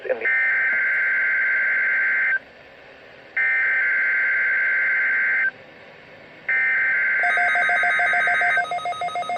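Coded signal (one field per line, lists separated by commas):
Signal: Emergency Alert System (SAME) tones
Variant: header bursts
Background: speech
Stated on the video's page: Required Weekly Test from NOAA Weather Radio station KDO94, received on a Midland WR-300 weather radio.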